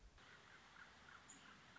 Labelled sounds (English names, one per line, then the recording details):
Common Raven
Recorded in Sonoma County, California